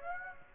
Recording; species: mosquito wingbeat signal from an infrared sensor; Aedes aegypti